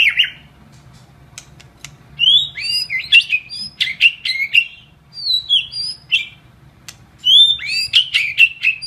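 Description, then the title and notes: White-rumped shama song of varied high whistles and sharp clicks in lively phrases separated by short gaps, with several loud crisp notes, over quiet hum. Masteran (training recording) of White-rumped shama song. "Masteran Murai Batu"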